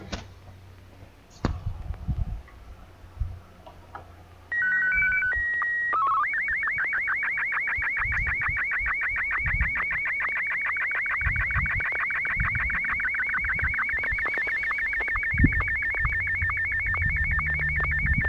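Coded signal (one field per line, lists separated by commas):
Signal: SSTV (slow-scan television)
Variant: Martin M1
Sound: short rising tone preamble, steady leader whistle, chirpy code, then steady rhythmic warbling scan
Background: radio static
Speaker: in just one moment I'll be transmitting photograph and Martin one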